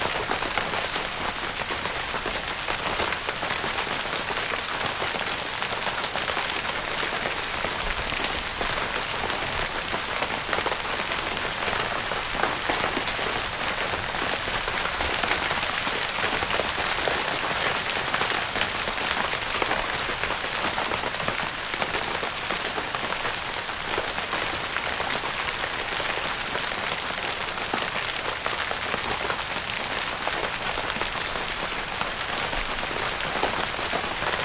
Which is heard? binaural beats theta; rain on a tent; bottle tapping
rain on a tent